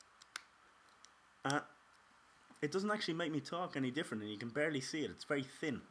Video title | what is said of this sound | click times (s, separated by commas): GLOWPUNK PODCAST No.2. - THE IRISH HOUR. | and uh this little gum Shield just SL slips on like so you can hear it clicking up | 0.2 s, 0.4 s